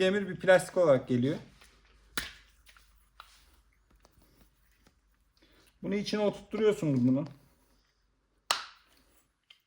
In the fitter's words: tık sesini duyduktan sonra